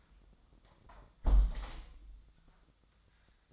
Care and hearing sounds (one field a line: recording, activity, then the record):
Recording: daily activity, microphone in the room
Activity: close window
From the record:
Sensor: 3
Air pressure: 1004.6 hPa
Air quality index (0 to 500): 107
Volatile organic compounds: 4 ppm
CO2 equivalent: 1677 ppm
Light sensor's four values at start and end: 7/17/6/6 and 7/16/6/6